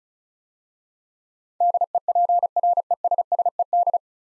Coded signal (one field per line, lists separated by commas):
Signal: Morse code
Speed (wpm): 36 wpm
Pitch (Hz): 700 Hz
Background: none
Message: DEPRESSED